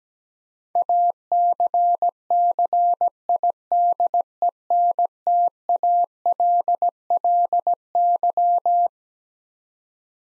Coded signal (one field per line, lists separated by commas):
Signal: Morse code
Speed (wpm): 17 wpm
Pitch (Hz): 700 Hz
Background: none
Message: ACCIDENTALLY